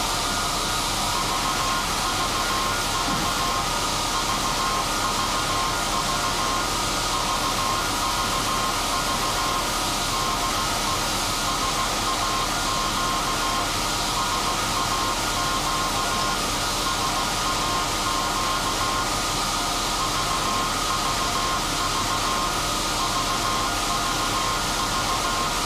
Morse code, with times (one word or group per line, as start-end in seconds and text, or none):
1.2-3.6 VVV
4.1-6.6 VVV
7.1-9.6 VVV
10.1-11.0 DE
11.5-13.6 SAQ
14.2-16.3 SAQ
16.9-19.0 SAQ
20.0-22.5 VVV
23.0-25.5 VVV